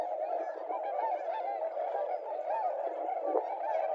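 Tundra swans calling in a large flock, a dense continuous chorus of overlapping mellow honking and whooping notes.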